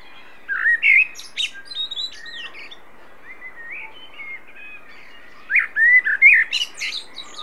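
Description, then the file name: Common blackbird song: a fluted warble with a squeaky high ending, a quiet pause with soft notes, then another mellow phrase with high twitters. "Turdus merula"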